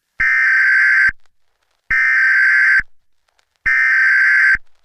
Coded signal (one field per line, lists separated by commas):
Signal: Emergency Alert System (SAME) tones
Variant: header bursts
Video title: Extraterrestrial (Alien Invasion EAS Scenario)